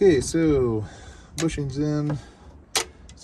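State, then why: Seated. Someone talks while an anti-vibration spring is pressed into its mount on the handle of a Stihl MS261c chainsaw during a replacement of the broken handle bar. A sharp metallic click comes at 2.8 s as the spring seats.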